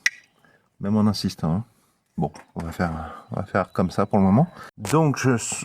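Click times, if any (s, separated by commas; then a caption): none. The plastic clip on a replacement clutch cable is pressed hard into its seat on a Citroën AX, where it sits flush but is only resting in place. A brief sharp sound comes at 0.1 s, then someone talks. Nothing has clicked or seated yet.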